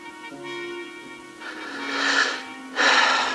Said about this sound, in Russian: Сморкается, убирает платок.